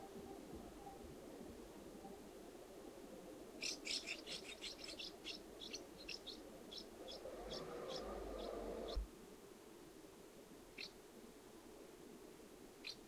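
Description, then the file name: Common house martin calls, a burst of short high chirps, then a few scattered notes, over low background noise. Recorded 20 July 2012. "Delichon urbicum - 2012-07-20"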